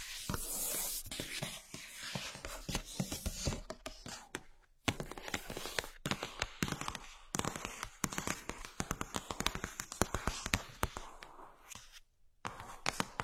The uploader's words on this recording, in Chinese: 舒压疗愈的敲击音。